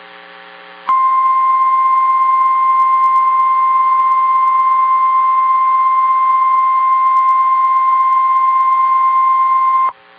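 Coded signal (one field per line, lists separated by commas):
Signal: Emergency Alert System (SAME) tones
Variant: 1050 Hz attention tone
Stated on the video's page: Simulated virtual EAS hurricane warning.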